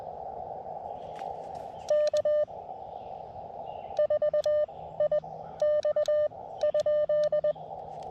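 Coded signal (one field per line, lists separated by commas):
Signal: Morse code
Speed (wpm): 20 wpm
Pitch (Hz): 600 Hz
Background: none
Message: K4IX?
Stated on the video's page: CW Parks on the Air activation at a state park with an Elecraft KX2 and AX2 antenna with 40m coil.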